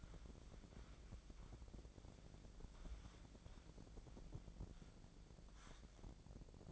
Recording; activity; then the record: daily activity, microphone in the room; wipe stove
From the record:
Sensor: 5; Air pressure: 1012.4 hPa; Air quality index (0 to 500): 160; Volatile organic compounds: 2 ppm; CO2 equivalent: 1086 ppm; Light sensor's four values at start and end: 193/461/198/231 and 192/460/196/225